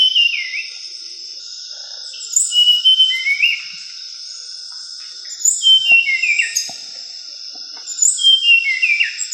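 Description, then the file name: Mangrove blue flycatcher whistling several short descending warbled phrases with gaps between them, backed by an unbroken high-pitched insect buzz and a few faint clicks. Sulawesi. "suara sikatan bakau sulawesi"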